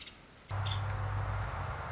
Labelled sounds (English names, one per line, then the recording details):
Nuttall's Woodpecker
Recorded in Sonoma County, California